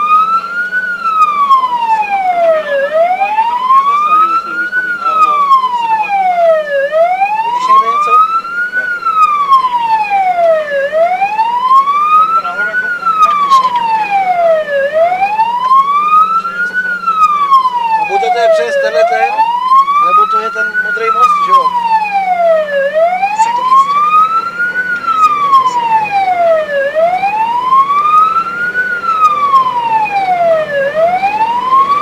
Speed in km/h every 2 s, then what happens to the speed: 52, 46, 42, 35, 33, 34, 37, 39, 37, 26, 19, 14, 20, 27, 34, 44.
0-7 slows to 33. 15-21 brakes to 14. 23-32 speeds up to 44.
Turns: 4-9, 18-22.